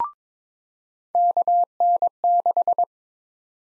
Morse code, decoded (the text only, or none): KN6